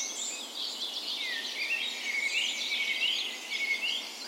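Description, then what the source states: Birds chorusing at dawn, a dense tangle of high chirps with a few clear rising whistles standing out over constant background hiss. Birds' spring dawn chorus on the morning of 17 May, Norway's National Day, in a park west in Bergen, Norway; recorded with a Sony PCM A10 and LOM micro Usi mics as tree ears.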